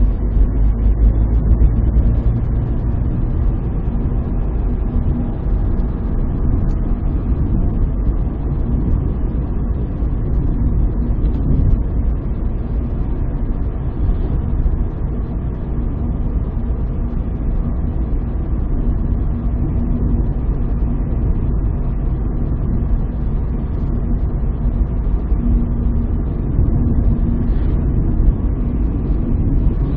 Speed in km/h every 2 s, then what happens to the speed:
62, 67, 69, 69, 66, 63, 65, 65, 64, 64, 65, 65, 65, 66, 66.
0-3 speeds up to 69. 3-30 steady at about 65.